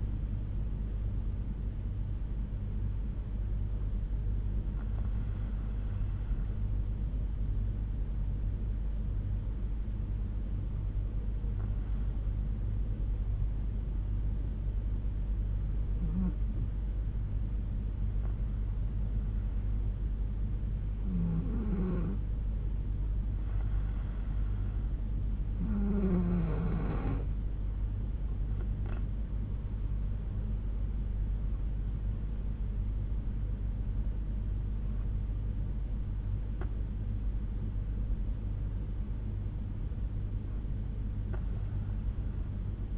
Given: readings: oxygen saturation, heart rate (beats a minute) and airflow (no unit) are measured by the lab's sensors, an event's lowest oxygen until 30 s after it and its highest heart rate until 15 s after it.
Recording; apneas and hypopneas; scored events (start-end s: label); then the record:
breathing in sleep by a smartphone at the bedside; 1
2.00-42.98 s: new sleep stage, N2 (light sleep)
5.00-26.90 s: hypopnea (N2, oxygen 95% highest, then 90% lowest, heart rate 63 at the start, 74 highest)
From the record:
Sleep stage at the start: N3 (deep sleep); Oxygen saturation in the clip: 91 to 95%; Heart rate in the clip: 62 to 74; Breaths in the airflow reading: 8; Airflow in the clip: -7.8 to 7.0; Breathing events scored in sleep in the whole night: 368 in 8.0 hours asleep